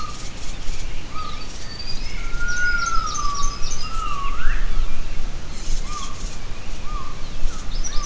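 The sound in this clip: Gibbon call: one long, wavering whistled note that rises sharply at its end, plus a few shorter notes, over constant background noise.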